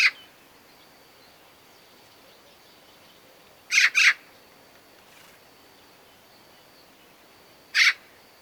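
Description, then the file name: Eurasian magpie giving harsh chacks: a brief note at the start, a doubled call near four seconds and another single call near eight seconds. "Pica pica"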